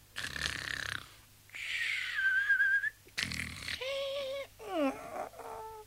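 Pumuckl, in the radio play Meister Eder und sein Pumuckl, lies in bed pretending to be fast asleep and imitates snoring in exaggerated bursts: rasping, noisy inhales alternating with whistly, wavering tonal exhales that slide up and down in pitch, about five strained snores in a row, fairly loud.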